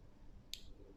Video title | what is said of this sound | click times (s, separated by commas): Weebill S Setup Tutorial Fuji Fujifilm XT3 | the click just like in place same with this one | 0.5 s